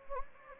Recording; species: mosquito wingbeat signal from an infrared sensor; Anopheles gambiae